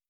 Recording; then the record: hydrophone in a shrimp aquaculture tank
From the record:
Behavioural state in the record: starved